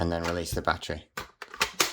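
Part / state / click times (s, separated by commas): battery pack into cordless drill base / seated / 1.8 s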